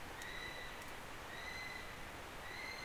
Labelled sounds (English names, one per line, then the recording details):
North Island Brown Kiwi male call
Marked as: faintness 2/5
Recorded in New Zealand on 16 November 2013
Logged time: 21:44
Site BS16